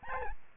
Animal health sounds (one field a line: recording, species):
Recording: mosquito wingbeat signal from an infrared sensor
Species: Aedes albopictus